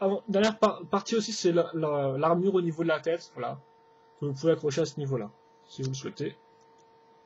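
A plastic armor piece is being handled near the head of a Megabloks construction-toy dragon (Stendhal Titanium Armor Dragon), where it clips on by the shape of the head with no connection point. Someone talks over a steady low hum, with no distinct handling clicks. Nothing has seated or clicked yet by the end of the clip.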